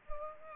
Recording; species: mosquito wingbeat signal from an infrared sensor; Culex pipiens